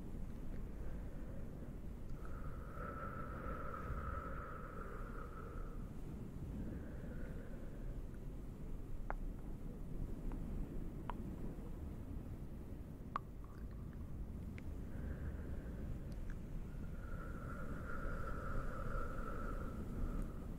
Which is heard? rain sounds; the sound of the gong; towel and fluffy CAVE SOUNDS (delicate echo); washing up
towel and fluffy CAVE SOUNDS (delicate echo)